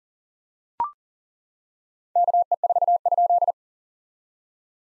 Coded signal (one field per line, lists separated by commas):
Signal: Morse code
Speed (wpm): 41 wpm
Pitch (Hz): 700 Hz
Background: none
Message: KE4?